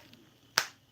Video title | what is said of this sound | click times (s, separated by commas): Weekly Live On Hump Day!!! #prepping | snapped it now the velcro's on it it would probably hold just fine but that's kind of | 0.6 s